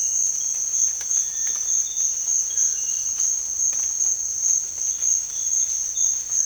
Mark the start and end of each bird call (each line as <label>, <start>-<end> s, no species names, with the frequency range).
bird call (1.4-2.2 kHz), 1.20-1.62 s